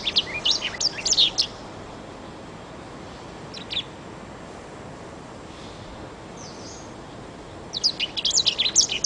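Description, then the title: Oriental magpie-robin song in short bursts: a quick jumble of high chirps and whistles, a brief note near four seconds, then quiet hiss before a final energetic burst. "Kicau Kacer"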